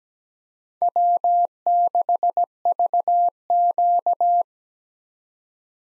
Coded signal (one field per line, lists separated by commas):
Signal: Morse code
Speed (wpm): 17 wpm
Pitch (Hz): 700 Hz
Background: none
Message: W6VQ